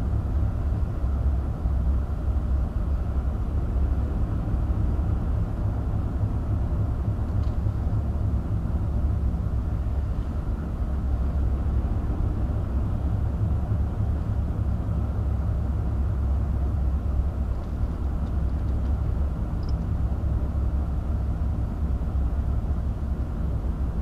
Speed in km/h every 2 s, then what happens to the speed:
27, 26, 29, 31, 29, 26, 31, 29, 26, 27, 26, 26.
0-24 steady at about 27.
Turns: none.